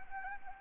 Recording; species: mosquito wingbeat signal from an infrared sensor; Anopheles gambiae